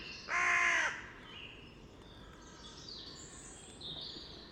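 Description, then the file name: Carrion crow calling with a single harsh caw at the start, followed by soft chirps of other birds. "Corvus corone"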